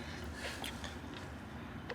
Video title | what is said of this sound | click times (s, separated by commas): JSP BEAMS Shifter Review - GAME CHANGER! | like a love tap with your hand that guy should like self there we go you hear that click click okay click | 0.6 s, 0.8 s, 1.9 s